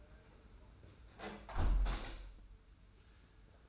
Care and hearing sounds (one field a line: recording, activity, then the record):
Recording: daily activity, microphone in the room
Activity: close window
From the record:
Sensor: 2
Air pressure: 991.1 hPa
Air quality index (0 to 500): 125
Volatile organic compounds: 110 ppm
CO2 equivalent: 3819 ppm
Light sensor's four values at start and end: 37/108/42/41 and 37/108/42/40